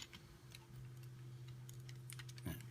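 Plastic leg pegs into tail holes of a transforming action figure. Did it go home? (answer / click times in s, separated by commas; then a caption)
no / none. The plastic leg pegs of a Transformers Generations Sandstorm action figure are lined up with the holes in its tail, with the tail angled up. Only small, sharp handling ticks are heard, around 0.6, 1.7, 2.1, 2.2, 2.4 and 2.6 seconds, over a steady low hum. Nothing has seated or clicked into place yet.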